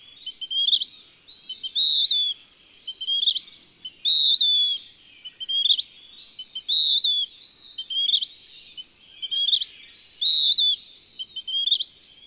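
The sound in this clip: Western wood-pewee song: a steady alternation of a sharp, upflicked note and a longer burry, slurred phrase, clear against a quiet background.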